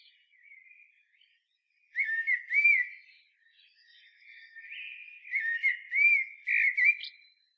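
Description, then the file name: Common blackbird singing soft whistles that swell into louder looping, slurred fluted notes, ending with a faint high squeak. "Turdus merula"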